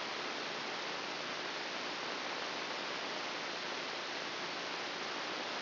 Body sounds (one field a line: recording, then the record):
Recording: brain microelectrode recording played as sound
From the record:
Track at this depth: inside the subthalamic nucleus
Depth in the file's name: 3.911 mm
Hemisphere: left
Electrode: 2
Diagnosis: Parkinson's disease